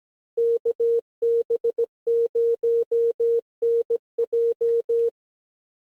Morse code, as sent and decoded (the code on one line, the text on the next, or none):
-.- -... ----- -. .---
KB0NJ